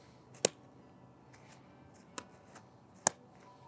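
A guyline or strap adjuster on the corner of an X-Mid Pro 1 ultralight trekking-pole tent from Dan Durston Gear is worked after the tent has been pitched correctly. Sharp clicks sound at 0.5 s and 3.1 s, with a fainter tick at 2.2 s, over a quiet background. The adjuster clicks and holds the line.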